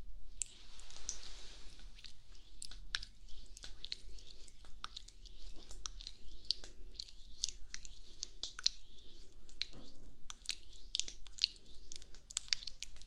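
Gentle brushing and ear-cleaning sounds fill the whole stretch as a dense run of soft, crackly scratches. Quick bright strokes come several times a second, uneven and unbroken, with a low steady hum underneath and small moist clicks scattered throughout.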